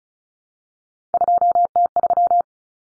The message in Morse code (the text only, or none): 2T3